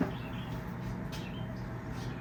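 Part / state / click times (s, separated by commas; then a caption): overdrive unit onto gearbox mainshaft / not seated / none. An overdrive unit for a 1962 TR4 is pushed onto the gearbox mainshaft without turning the shaft, giving only faint bumps and contact noises over a steady low background. There is no seating click, and the unit has not gone all the way in.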